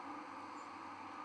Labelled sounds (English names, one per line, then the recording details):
White-throated Sparrow flight call
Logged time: 01:50 on 1 November 2014